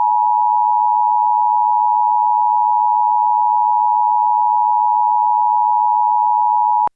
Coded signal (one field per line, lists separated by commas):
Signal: Emergency Alert System (SAME) tones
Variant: 853 and 960 Hz attention tone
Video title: EAS Local Area Emergency (Missing Child in Extreme Cold) Dodge County, Wisconsin